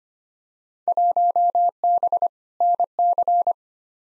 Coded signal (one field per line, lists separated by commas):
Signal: Morse code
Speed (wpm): 25 wpm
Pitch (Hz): 700 Hz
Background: none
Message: 1B NC